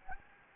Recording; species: mosquito wingbeat signal from an infrared sensor; Anopheles gambiae